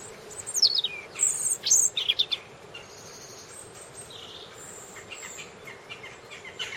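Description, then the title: Robin chirping with steeply falling whistles and quick high notes in the first half, softer scattered chirps following over a low steady hiss. "Robin Birds Chirping"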